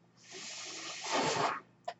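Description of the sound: A breathy, airy hiss of about one and a half seconds: a home mechanical ventilator delivering a breath.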